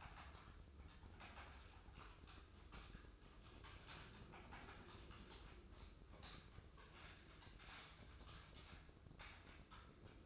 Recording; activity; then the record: daily activity, microphone in the room; typing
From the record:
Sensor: 2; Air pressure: 995.1 hPa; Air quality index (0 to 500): 64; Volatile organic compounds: 2 ppm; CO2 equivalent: 1090 ppm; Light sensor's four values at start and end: 17/57/21/21 and 17/57/21/22